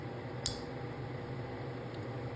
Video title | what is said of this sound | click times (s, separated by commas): How to Disassemble & Reassemble A Gen 1-3 Glock Slide | that click is the sound of your back plate locking into place | 0.5 s